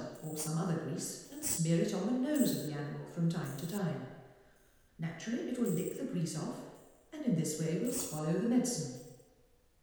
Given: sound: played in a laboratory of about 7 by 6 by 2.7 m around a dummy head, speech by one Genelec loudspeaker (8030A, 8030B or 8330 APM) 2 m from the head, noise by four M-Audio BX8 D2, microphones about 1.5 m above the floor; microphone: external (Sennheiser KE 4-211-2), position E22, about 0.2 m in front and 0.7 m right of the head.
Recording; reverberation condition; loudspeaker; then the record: female speech in English; high; 30 degrees to the right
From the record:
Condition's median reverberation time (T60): about 1300 ms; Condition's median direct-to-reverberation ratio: about -4.0 dB